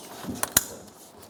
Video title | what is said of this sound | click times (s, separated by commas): How to Replace Front Bumper Cover 2012-2016 Subaru Impreza | You should hear them click into place. | 0.4 s, 0.6 s